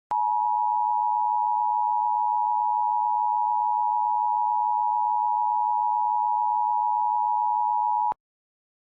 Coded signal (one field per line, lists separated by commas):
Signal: Emergency Alert System (SAME) tones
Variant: 853 and 960 Hz attention tone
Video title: EAS #1160-1161: 2 EAS Required Monthly Tests- Apr. 7, 2026- 12:15AM PDT